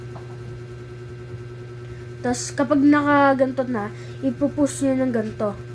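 A plastic ball joint of a printed articulated figure is handled near its socket in the figure limb, about to be pushed in, while someone talks over a steady low hum. Nothing has seated or clicked yet.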